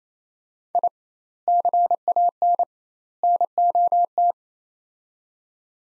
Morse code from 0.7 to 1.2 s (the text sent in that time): I